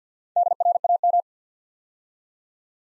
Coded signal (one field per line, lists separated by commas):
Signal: Morse code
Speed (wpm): 50 wpm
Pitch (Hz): 700 Hz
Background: none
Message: DRAM